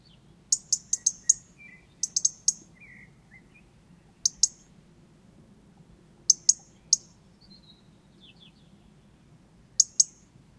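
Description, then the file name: European robin giving sharp clicking tick calls singly or in short bursts of up to four, separated by pauses, with faint thin high notes in between. "Erithacus rubecula"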